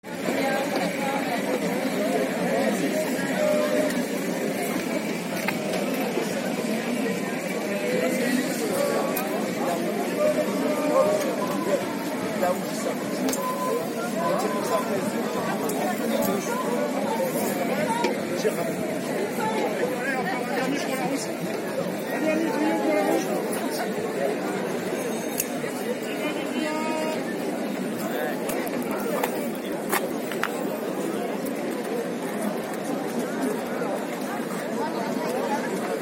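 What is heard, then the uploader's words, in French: A crowd of some four thousand protesters against water reservoir projects makes a dense, steady wash of overlapping voices and chatter for the whole stretch. No single speaker stands out; the murmur holds an even level, with occasional brief sharp clicks and clatters cutting through. Manifestation Bassines non-merci. Epannes 4000 manifestants contre les projets de bassines.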